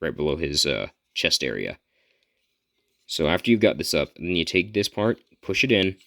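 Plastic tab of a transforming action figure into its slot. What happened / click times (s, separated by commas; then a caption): A plastic part is handled but has not clicked into place yet / none. A plastic tab of a Transformers Earthrise Smokescreen transforming action figure is being handled, ready to be pushed into its slot just below the chest area while someone talks. Nothing has seated or clicked yet. Only faint quiet noise fills the pause in speech around 2 seconds.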